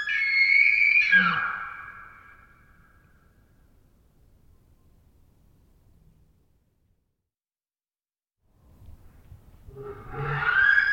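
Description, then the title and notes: Elk screams: a high whistled scream, then after several seconds of near silence another shrill scream begins. Multiple wild herds surrounding a campsite in early morning hours, Pacific Northwest, Washington, United States; isolated from a mid-side soundscape, processed with light noise expansion. "Wild Elk Screams. Elk Screams, multiple herds surround campsite in early morning hours, Recorded in the Beautiful Pacific Northwest in Washington, Untied States"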